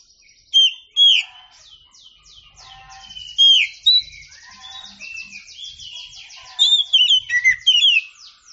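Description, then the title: Oriental magpie-robin song: loud sharp whistles mixed with long rapid buzzy trills, with bursts of sweet slurred notes returning near the end. Champion singing bird. "Kicau Burung Kacer Juara"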